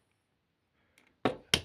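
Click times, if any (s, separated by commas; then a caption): none. A plastic accessory is pushed against the back of an action figure, trying to clip it on. Two faint taps come at about 1.0 and 1.1 seconds, followed by two sharp plastic knocks at about 1.2 and 1.5 seconds. Nothing has seated or clicked into place yet.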